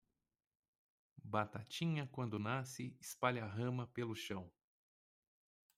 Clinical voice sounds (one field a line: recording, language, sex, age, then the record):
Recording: short text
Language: Brazilian Portuguese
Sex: male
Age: 30 to 39 years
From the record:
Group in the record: control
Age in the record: 38 years